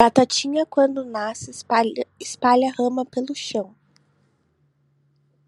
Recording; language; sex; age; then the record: short text; Brazilian Portuguese; female; 20 to 29 years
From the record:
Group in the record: control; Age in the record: 29 years